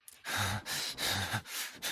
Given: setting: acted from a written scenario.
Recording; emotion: vocal sound without words; distress